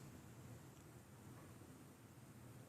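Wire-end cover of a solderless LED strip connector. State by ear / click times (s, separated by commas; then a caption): not seated / none. The plastic wire-end cover of a solderless LED strip connector, for DIY LED lighting on a Kawasaki Z900, is being squeezed slowly with grips. Only a steady broadband hiss with a low hum is heard, with no sharp sounds. Nothing has clicked into place or seated yet.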